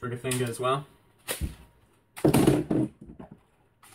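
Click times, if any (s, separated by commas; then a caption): 3.8 s. A magazine slides easily into the mag well of a C96 paintball marker while someone talks. It seats with a click at 3.8 seconds.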